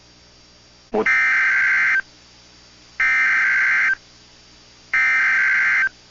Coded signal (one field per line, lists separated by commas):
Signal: Emergency Alert System (SAME) tones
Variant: header bursts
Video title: EAS 2061-2069 (9/21-9/28/22)